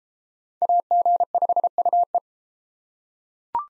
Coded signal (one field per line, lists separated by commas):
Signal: Morse code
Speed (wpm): 29 wpm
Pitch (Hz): 700 Hz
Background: none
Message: AG5UE